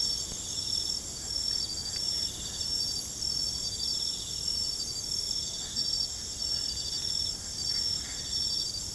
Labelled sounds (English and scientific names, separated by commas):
none